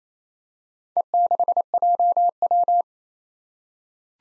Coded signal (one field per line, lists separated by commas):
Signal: Morse code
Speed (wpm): 28 wpm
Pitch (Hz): 700 Hz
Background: none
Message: E6JW